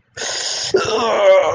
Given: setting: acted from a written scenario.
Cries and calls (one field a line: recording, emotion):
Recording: vocal sound without words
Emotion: pain